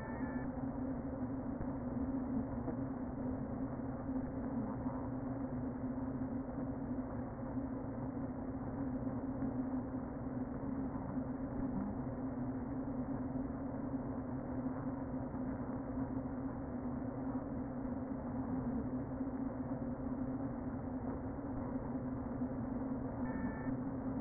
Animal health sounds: honeybee colony, microphone inside the hive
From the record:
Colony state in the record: queen present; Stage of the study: before two queens were removed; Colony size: about 60,000 bees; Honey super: yes

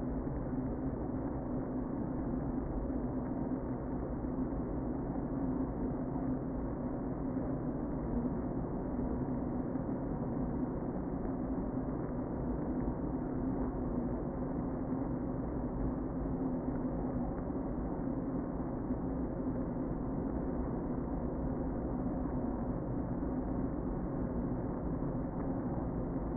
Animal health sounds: honeybee colony, microphone inside the hive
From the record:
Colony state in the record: queen present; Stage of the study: before two queens were removed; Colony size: about 60,000 bees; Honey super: yes

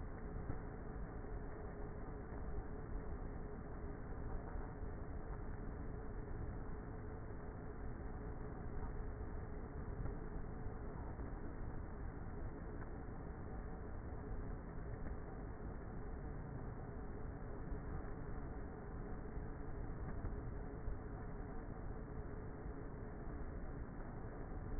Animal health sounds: honeybee colony, microphone inside the hive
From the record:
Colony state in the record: queenless with a low population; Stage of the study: before two queens were removed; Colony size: about 30,000 bees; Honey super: no

